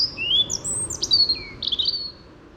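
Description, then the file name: European robin singing one continuous phrase of high, thin whistles that slide up and down, mixed with rapid jumbled notes, over faint low background hiss. "Erithacus rubecula"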